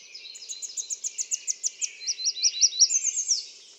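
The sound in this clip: American redstart song, a bright series of high sweet notes shifting partway into a second set of slurred notes, then fading.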